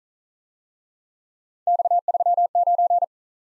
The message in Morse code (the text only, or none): X39